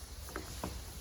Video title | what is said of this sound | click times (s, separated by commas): 2017 FOREST RIVER VIBE 250BHS STOCK # 13226A | and that cap just locks into place holds that in there | 0.4 s